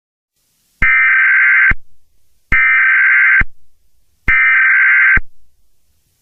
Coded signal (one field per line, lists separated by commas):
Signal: Emergency Alert System (SAME) tones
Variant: header bursts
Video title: EAS Scenario #1: A Radio-Like Problem (inspired by: Hazbin Hotel) DISCLAIMER IN DESCRIPTION!!!!!!